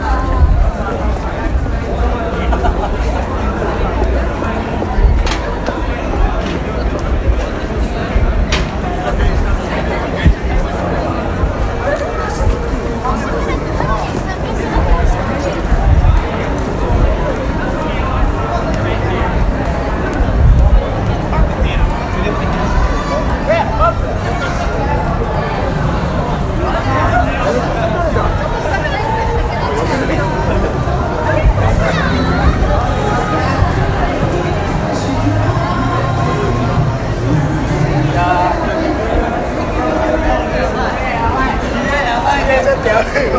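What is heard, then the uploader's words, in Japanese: Ambient field recording made in Shibuya, filled with a continuous crowd babble of many overlapping voices. The din stays dense and even throughout, with a steady low rumble underneath and occasional brief clicks and brighter sounds poking through. The original stems recorded at 24:00 on Oct.Halloween period.渋谷にて録音したアンビエント（フィールドレコーディング）トラック。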